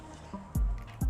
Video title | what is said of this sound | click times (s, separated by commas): Review du Dan Wesson 6" gris de chez ASG | qu'elle est tombée donc on la met par-dessus comme ça et après on appuie on a un petit clic | 0.5 s, 1.0 s